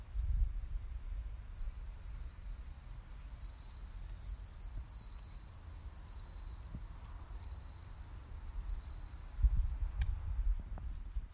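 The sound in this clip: Cricket song, a continuous high-pitched trill running for about eight seconds before stopping, with low background rumble and a few faint clicks.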